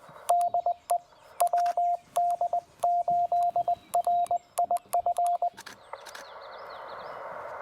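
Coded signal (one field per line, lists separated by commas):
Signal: Morse code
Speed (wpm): 21 wpm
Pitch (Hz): 700 Hz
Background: radio noise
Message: DE WD8RIF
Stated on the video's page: CW POTA activation at Lake Alma with a Penntek TR-45L, CW paddles, battery power and a homebrew 40 m EFHW antenna.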